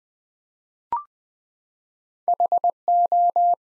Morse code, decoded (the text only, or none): HO